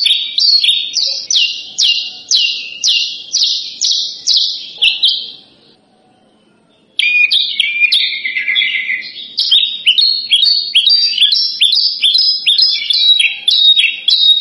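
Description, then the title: Javan bush lark singing rapid, scratchy repeated notes for about five seconds, then about two seconds of silence, then a busier, more varied jumble of chirps and trills. Lure recording played to prompt birds to sing; described as gacor, meaning singing vigorously and persistently. "PANCINGAN Suara BURUNG Branjangan Gacor"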